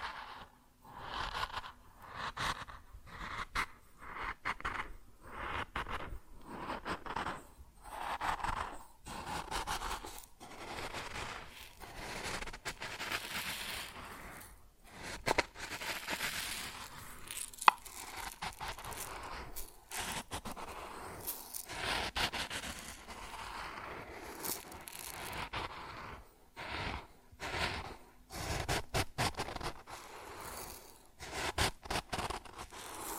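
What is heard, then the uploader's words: Grain sounds: dry, gritty rustling and pouring in uneven bursts, some lasting a few seconds, others short scrapes and shakes. Brief pauses separate the bursts, and a sharp tick lands near the middle. The texture is crisp and bright throughout, with little low rumble. ASMR Grain Sounds (No Talking).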